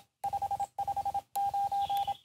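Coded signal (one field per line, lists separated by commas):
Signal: Morse code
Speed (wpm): 26 wpm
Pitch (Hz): 800 Hz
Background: radio noise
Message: 559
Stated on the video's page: Morse sent from a compact portable QRP bicycle station.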